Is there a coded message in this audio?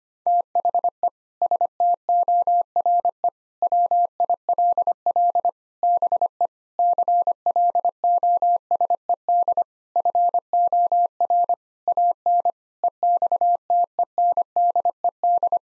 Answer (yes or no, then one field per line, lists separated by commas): yes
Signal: Morse code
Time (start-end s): 0.3-15.6 s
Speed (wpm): 25 wpm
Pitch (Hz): 700 Hz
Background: none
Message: THE STORE WILL BE CLOSED FOR AN EXTENDED